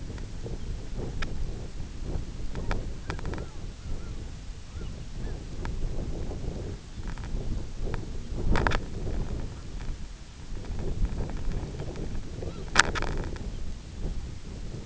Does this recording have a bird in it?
yes